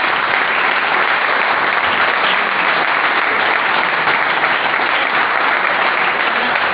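Sustained applause from an audience after a speech at the 2018 chupinazo opening the town festival in Buñuel, a dense, steady wash of many hands clapping at an even loudness for several seconds with no voices standing out.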